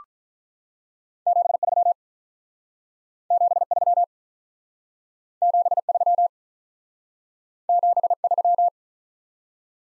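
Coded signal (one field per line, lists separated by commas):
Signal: Morse code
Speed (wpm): 46 wpm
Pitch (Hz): 700 Hz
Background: none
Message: 73 73 73 73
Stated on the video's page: Speed-Racing Morse practice of common QSO elements, starting at 35 wpm and slowing incrementally to a base speed; final repeat sent once at maximum speed.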